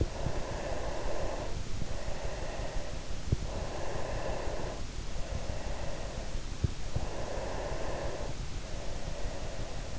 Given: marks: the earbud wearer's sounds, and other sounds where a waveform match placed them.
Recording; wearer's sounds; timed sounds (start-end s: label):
sounds in sleep by an in-ear microphone; breath
0.00-2.99 s: breath
3.25-6.76 s: breath
7.02-9.94 s: breath